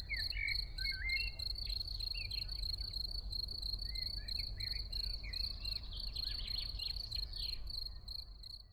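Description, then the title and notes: Field cricket chirping in quick, regular bursts throughout, accompanied by a blackbird's melodious whistled phrases and a constant low rumble of background noise. Early summer in the small village of Ettenkirch near Lake Constance, recorded over 14 years ago; blackbirds in background; recorded with Edirol R1 and OKM I. "Frühsommerszene in einem kleinen Dorf in der Nähe des Bodensees: Feldgrille, Amseln, Kirchenglocken, Stimmen und einige Autos im Hintergrund."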